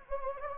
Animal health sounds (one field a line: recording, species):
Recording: mosquito wingbeat signal from an infrared sensor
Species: Anopheles gambiae